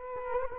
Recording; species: mosquito wingbeat signal from an infrared sensor; Culex quinquefasciatus